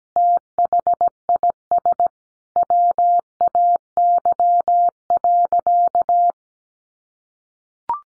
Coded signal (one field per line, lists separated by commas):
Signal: Morse code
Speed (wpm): 17 wpm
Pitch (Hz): 700 Hz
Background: none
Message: THIS WAY.